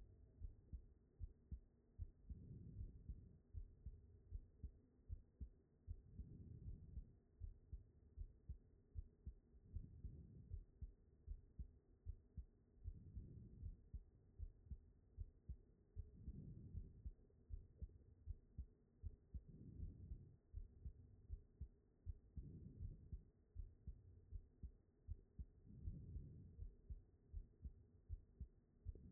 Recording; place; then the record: heart sounds by stethoscope; aortic valve (AV)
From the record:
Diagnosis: non-HFrEF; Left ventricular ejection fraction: 69%